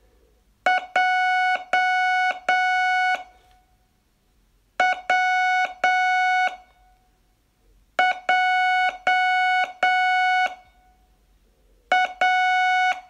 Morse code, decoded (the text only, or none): J W J A